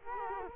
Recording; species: mosquito wingbeat signal from an infrared sensor; Culex quinquefasciatus